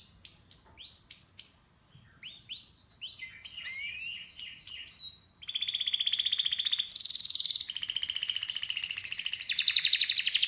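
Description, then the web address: Canary song: sharp separate chirps and rising sweeps, then dense, loud rolling trills pulsing rapidly to the end. "Canari Seda Canari"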